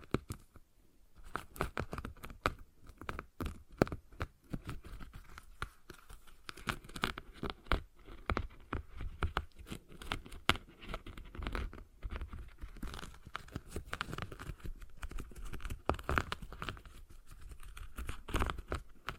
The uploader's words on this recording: ASMR Relaxing Stress Ball Sounds (No Talking).